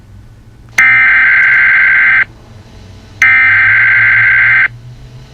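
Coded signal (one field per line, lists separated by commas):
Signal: Emergency Alert System (SAME) tones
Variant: header bursts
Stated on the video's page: Fictional EAS scenario, not a real alert.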